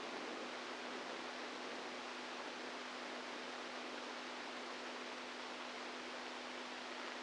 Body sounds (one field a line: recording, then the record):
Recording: brain microelectrode recording played as sound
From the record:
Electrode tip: inside the subthalamic nucleus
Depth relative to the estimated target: -3 mm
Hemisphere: right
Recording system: NeuroSet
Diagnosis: Parkinson's disease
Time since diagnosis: 10 years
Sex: male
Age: 65 years